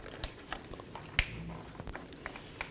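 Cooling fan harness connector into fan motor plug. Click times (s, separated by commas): 1.2 s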